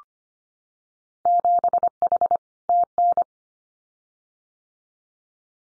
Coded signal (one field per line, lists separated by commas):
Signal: Morse code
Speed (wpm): 25 wpm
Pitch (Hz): 700 Hz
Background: none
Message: 7H TN